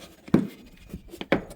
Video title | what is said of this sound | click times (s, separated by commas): Replace Your Ram Truck Headlight Bulbs (projector beam) | It just snaps in place. | 1.3 s